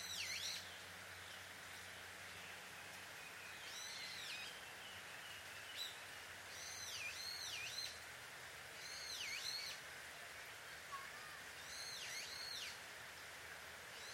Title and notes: 鳥の夫婦喧嘩 – Birds Quarrel At Dusk. Recorded in Takao Japan